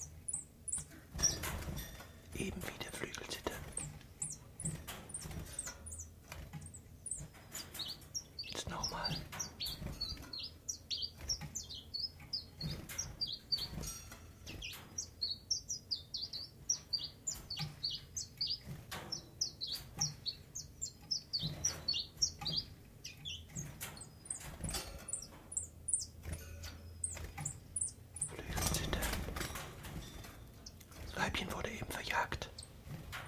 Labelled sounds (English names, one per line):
Common Chiffchaff